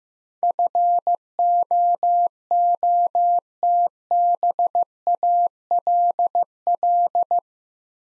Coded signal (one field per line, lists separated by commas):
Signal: Morse code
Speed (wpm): 15 wpm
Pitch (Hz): 700 Hz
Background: none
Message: FOOTBALL